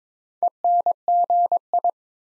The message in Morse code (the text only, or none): ENGI